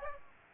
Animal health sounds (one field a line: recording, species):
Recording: mosquito wingbeat signal from an infrared sensor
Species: Aedes aegypti